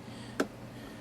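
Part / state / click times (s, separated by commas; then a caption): captive screw in the computer's memory door / released / 0.4 s. A captive screw on the memory access cover of an all-in-one desktop computer is unscrewed; it stays attached to the cover rather than coming out fully. A single sharp click is heard at 0.4 s over a faint steady background hum. The click marks the screw releasing free of its thread.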